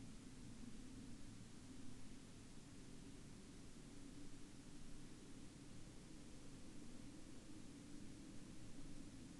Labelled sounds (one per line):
man-made sound